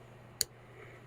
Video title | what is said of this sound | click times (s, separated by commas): Using the hand cranked Rollimat, which I got from Butterworth clocks. | and there you see it just clicked into place so then we tighten this back into | 0.4 s